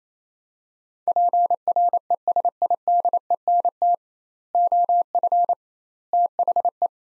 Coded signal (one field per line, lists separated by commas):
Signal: Morse code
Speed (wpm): 27 wpm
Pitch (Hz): 700 Hz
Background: none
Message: PRESIDENT OF THE